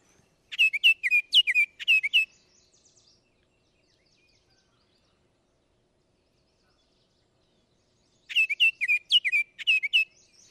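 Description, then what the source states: Baltimore Oriole song: two short bursts of rich, clear whistled notes in quick up-and-down succession, separated by about six seconds of silence. Played recording; song like a robin's but clearer, cheerful and upbeat, with more up-and-down warble.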